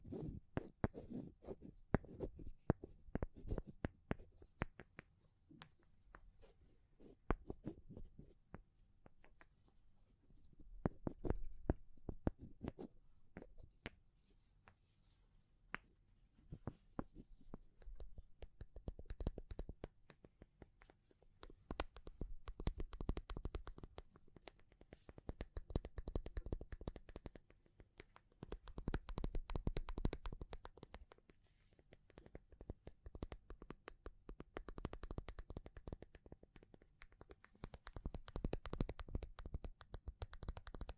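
Wood, bamboo and straw being handled, heard as dense runs of dry scratching, rustling and tapping clicks. The sounds come in bursts every few seconds, some crisp and sharp, some softer and brushing. A faint high hiss or tone lingers in the background.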